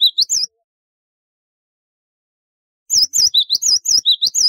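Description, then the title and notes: Java sparrow song: a brief burst of high, looping chirps, a silence of over two seconds, then a longer run of tinkling, bell-like notes. "Kicau Burung Gelatik"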